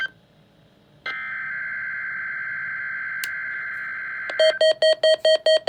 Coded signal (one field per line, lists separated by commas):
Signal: Emergency Alert System (SAME) tones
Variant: header bursts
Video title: Required Weekly Test (11/21/18) (EAS #188)